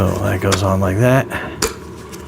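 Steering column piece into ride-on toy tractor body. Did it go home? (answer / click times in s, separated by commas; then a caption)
yes / 1.6 s. Someone talks as the plastic steering column piece of a blue and red JCB kids' ride-on tractor excavator is pushed onto its mount on the toy's body. A sharp click at 1.6 s marks it snapping into place, seated and locked, and it is then checked by pulling on it.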